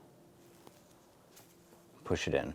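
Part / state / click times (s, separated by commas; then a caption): fuel line quick-connect onto fuel rail / not seated / none. On a 1997–2006 Jeep Wrangler, a fuel line quick-connect is lined up with the fuel rail fitting before being pushed on, with only quiet handling noise and a faint brief tick near 0.7 s. Someone talks near the end. The line has not clicked or seated onto the fitting yet.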